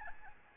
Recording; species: mosquito wingbeat signal from an infrared sensor; Aedes albopictus